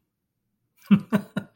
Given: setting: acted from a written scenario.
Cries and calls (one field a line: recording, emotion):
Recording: vocal sound without words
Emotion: amusement